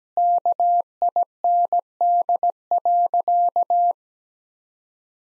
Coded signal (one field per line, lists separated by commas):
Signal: Morse code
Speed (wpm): 17 wpm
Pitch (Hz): 700 Hz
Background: none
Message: KIND.